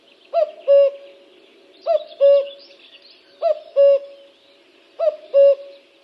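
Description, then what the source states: Common cuckoo singing its two-note cuck-oo, the second note lower and longer, repeated steadily about every one and a half seconds. Spring 2024, week 20, Finland.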